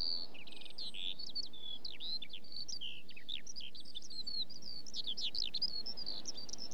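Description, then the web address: Eurasian skylark singing a fast, unbroken flow of high chirps, trills and slurred notes, above steady low background noise. In song flight. "BBC Sound Effects Library. Skylark"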